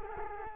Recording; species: mosquito wingbeat signal from an infrared sensor; Culex quinquefasciatus